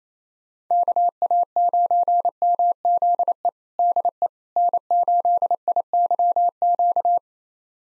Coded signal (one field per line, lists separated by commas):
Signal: Morse code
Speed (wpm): 28 wpm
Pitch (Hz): 700 Hz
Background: none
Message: KA9MZE DE N8IYQ